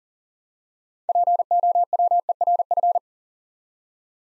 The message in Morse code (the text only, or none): POWERF